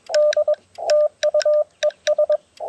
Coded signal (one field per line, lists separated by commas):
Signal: Morse code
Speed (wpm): 22 wpm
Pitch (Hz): 600 Hz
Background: radio noise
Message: D TU ES